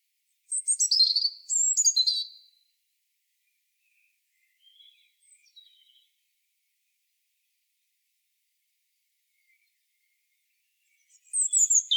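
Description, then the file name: European robin singing two bright, tumbling phrases of high twittering notes, one opening and one closing the stretch, with a few soft notes between them. "Erithacus rubecula"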